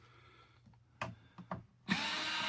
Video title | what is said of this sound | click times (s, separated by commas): Replacing Intel NUC 10 with ASUS NUC 14 Pro #Unboxing #FirstLook #Impression #Comparison #PCrepair | You go until it clicks cuz these screws are self retaining. | 1.0 s, 1.5 s